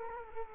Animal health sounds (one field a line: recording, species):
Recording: mosquito wingbeat signal from an infrared sensor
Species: Culex quinquefasciatus